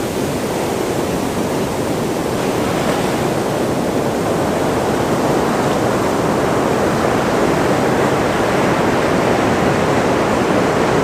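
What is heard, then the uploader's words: Surf at Cannon Beach, Oregon, roars in a dense, unbroken wash, low and full, holding steady without distinct crashes for eleven seconds. The Sounds of the Crashing Surf at Cannon Beach, Oregon. The thunderous sound of waves crashing onto the shore at Cannon Beach, Oregon.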